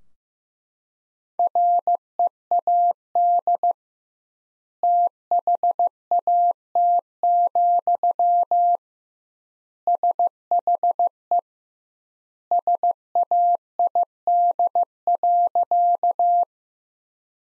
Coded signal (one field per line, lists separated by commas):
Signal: Morse code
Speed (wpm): 15 wpm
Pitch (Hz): 700 Hz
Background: none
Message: READ THAT, SHE SAID.